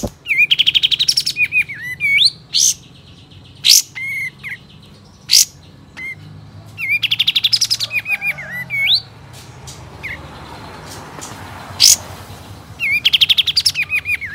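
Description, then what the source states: Sooty-headed Bulbul song: short whistled, warbling phrases repeated every second or two, mixed with sharp high chirps and soft background noise. Male.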